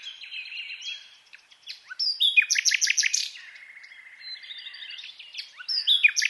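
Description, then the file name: Common nightingale song: varied whistles and chips, a loud pulsing burst of repeated notes, then a long even buzzy trill before more twittering. "Luscinia megarhynchos"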